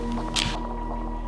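A sunglass lens is pulled down out of its plastic frame with a little pressure and pops free of the frame hooks with a short, bright snap at 0.4 s. A steady low hum continues underneath, and the lens is released.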